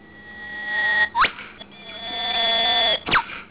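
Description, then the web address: Whipbird call, given twice: a long, steady, harmonic whistle ending in a sharp whip-crack sweep. "Sound FX Collection whip bird"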